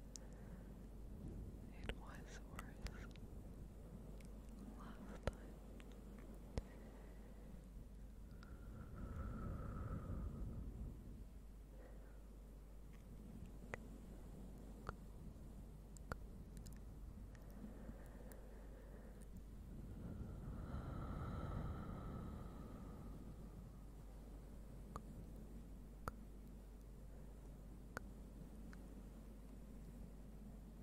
Very slow and soft fluffy sounds with a bit of whispering, tongue clicking and more